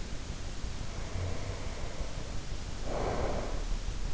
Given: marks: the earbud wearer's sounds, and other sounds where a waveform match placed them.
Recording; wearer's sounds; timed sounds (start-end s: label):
sounds in sleep by an in-ear microphone; breath
0.69-3.74 s: breath